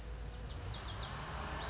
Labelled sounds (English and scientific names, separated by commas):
Lazuli Bunting (Passerina amoena)